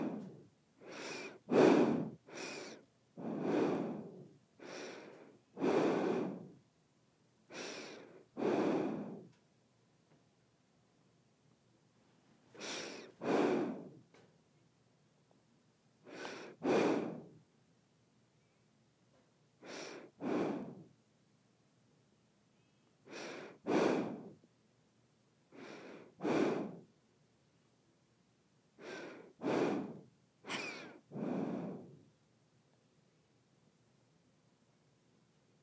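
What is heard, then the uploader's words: Breathing through the nose comes in short, airy pulses, each inhale or exhale lasting about a second. They cluster in groups of two to five with brief pauses between, the busiest run in the first ten seconds. Silence separates the groups, with nothing else underneath. ASMR Nose Breathing.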